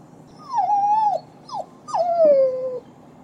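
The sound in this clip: Dog whimpering: three thin whines, each starting high and sliding downward, the last one longest, with quiet pauses between.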